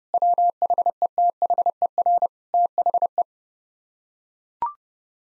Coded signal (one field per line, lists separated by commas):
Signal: Morse code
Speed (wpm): 32 wpm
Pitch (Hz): 700 Hz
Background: none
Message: WHETHER THE